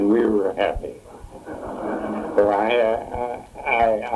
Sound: laughter

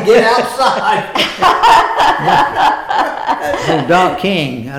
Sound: laughter

